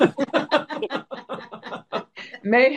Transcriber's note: laughs